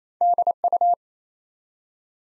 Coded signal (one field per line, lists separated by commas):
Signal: Morse code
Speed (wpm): 27 wpm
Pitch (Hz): 700 Hz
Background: none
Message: DU